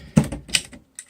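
A small tank figure is folded and dropped into the back of a large plastic MechFansToys Huge Dragon (Omega Supreme) transforming-toy robot body, and the back panel is handled as it closes over it. A few short plastic taps and knocks sound, the loudest near 0.6 s, then a soft tick near 1.0 s. The clip ends before the panel goes home, so nothing has seated or clicked yet.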